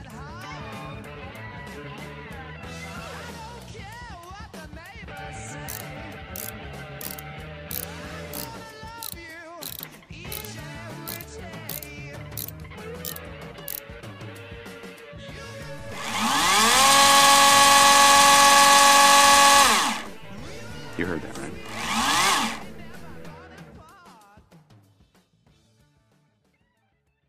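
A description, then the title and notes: Mechanical whirring and tinkering sounds, with clicks, taps and ratcheting bursts scattered over a steady low hum for the first fifteen seconds. At sixteen seconds a loud, bright drill-like whine rises and holds for four seconds, returns briefly near twenty-two, then everything fades out. Tony Stark's Lab Ambience ASMR.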